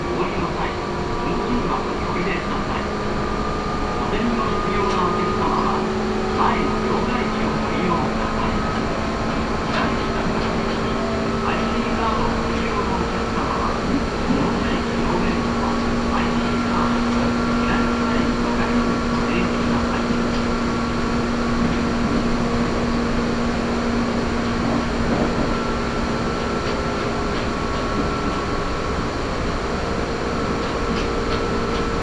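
A Meitetsu Gamagori Line train runs from Gamagori toward Kira-Yoshida, with a steady rumble and a few sustained whining tones that hold level and shift slightly in pitch. Faint clicks and clacks from the track are scattered throughout, and a voice is briefly audible.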